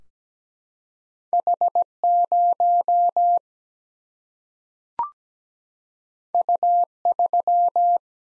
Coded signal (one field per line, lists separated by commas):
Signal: Morse code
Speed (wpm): 17 wpm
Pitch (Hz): 700 Hz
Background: none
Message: H 0 U 3